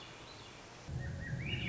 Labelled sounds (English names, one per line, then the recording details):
Swainson's Thrush
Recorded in Sonoma County, California